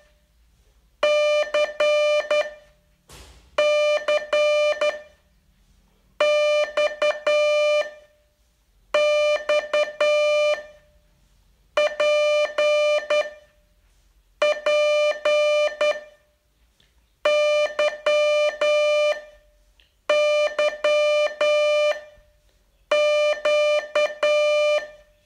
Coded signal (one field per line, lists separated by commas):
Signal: Morse code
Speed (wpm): 10 wpm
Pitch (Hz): 600 Hz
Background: none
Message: C C X X P P Y Y Q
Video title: Learn Morse in 42 Days from VU2LAU - day 38